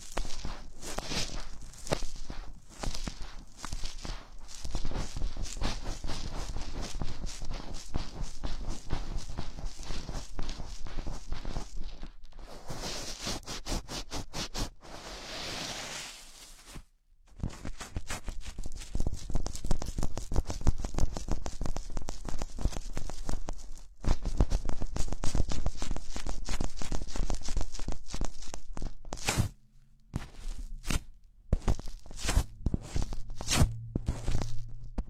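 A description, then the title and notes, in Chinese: Gloves being handled, likely several different pairs, give a dense, crackling rustle with quick clicks and scrapes that runs almost without pause. The texture shifts between sections, with short breaks near 12, 17 and 30 seconds. Near the end a low hum sits under sparser crinkles. 手套 使用6种不同手套为你耳膜按摩。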